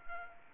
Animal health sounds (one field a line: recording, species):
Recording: mosquito wingbeat signal from an infrared sensor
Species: Anopheles arabiensis